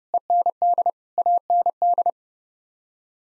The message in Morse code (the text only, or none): END AND